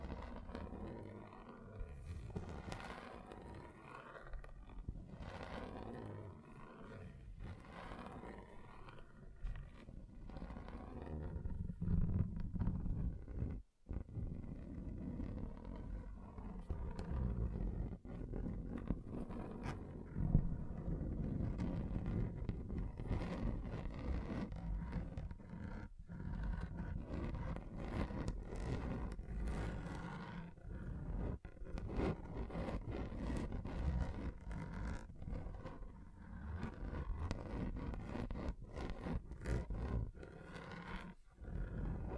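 Continuous rough scratching across a table, a dense low growling grind with frequent sharp scrapes, a brief cutout near 14 seconds, then a knock.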